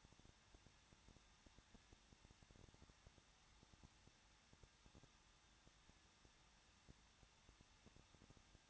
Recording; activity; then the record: daily activity, microphone in the room; no activity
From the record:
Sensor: 3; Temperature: 21.2 degrees Celsius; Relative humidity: 36.3%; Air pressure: 1006.3 hPa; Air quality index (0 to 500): 221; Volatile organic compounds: 40 ppm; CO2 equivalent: 3153 ppm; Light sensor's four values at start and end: 2/3/2/2 and 2/3/2/2